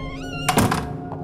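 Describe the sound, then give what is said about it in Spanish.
A door is shut by hand near a dark funeral wake room, with a single dull, heavy thunk and a short rattle, followed by a faint second knock, all over a low, steady background hum with no talking. “Gema le hizo un gesto para que se acercase y cerrase la puerta con la mano.”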